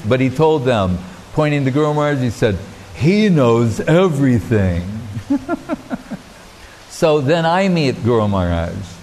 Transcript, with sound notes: But, he told them, pointing to Guru Mahārāj, he said, “He knows everything.” [laughing] So, then I meet Guru Mahārāj.